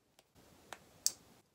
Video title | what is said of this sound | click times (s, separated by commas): WHAT IS LILLA ROSE & HOW DO I USE THE FLEXI CLIP? Tutorial for 3 Easy Hair Styles ANYONE can do! | clicks right back into place every time | 0.7 s, 1.1 s